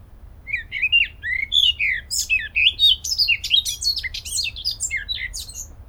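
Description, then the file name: Eurasian blackcap singing a continuous rich warble of fast, varied chirps and whistles that lasts nearly the whole six seconds, with soft low hum behind. "Sylvia atricapilla"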